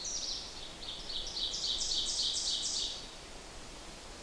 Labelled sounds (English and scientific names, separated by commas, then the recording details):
Ovenbird (Seiurus aurocapilla) song
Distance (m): 25 m
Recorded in boreal forest in Alberta, Canada, on 8 June 2016 at 06:49
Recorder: SongMeter 3, array SBT-3-9
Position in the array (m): 48 m, 104 m
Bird 33